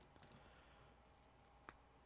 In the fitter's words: there we go. Heard it pop.